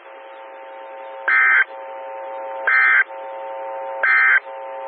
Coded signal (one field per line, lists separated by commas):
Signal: Emergency Alert System (SAME) tones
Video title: 2014-05-11 - WX9MCS 147.255 MHz SKYWARN Repeater